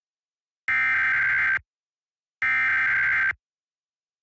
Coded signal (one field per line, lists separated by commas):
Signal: Emergency Alert System (SAME) tones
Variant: header bursts